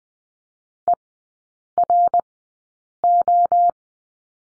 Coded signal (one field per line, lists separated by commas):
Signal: Morse code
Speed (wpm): 20 wpm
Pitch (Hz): 700 Hz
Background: none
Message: ERO